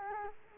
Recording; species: mosquito wingbeat signal from an infrared sensor; Culex quinquefasciatus